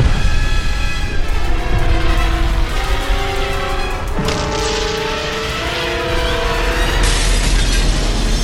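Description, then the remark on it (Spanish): An apparently abandoned building blasts and collapses: a loud, continuous roar of crumbling debris with a sharp burst about halfway through, overlaid by steady droning tones. No one speaks. “Parte de aquel edificio, en apariencia abandonado, saltó por los aires, mientras una figura oscura y misteriosa salía flotando como si nada de la caótica escena del crimen, al tiempo que todo se venía abajo.”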